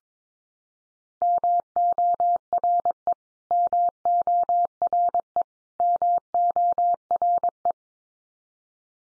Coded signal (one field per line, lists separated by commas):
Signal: Morse code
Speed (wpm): 22 wpm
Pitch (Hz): 700 Hz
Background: none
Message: MORE MORE MORE